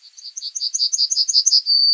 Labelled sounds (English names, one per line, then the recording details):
Yellowhammer song
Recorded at under 5 m from the bird
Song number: 133